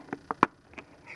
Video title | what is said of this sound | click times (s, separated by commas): Review: PocketBook 360 eReader | it pops right off | 0.4 s